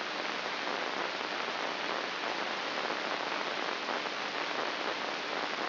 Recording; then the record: brain microelectrode recording played as sound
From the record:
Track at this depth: inside the subthalamic nucleus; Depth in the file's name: 4.018 mm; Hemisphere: left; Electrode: 2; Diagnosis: Parkinson's disease